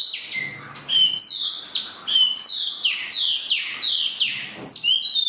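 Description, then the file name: Chinese hwamei song of loud clear whistles, each sweeping downward, given in a rapid repeated sequence. "hwamei mini"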